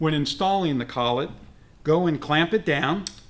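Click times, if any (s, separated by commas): none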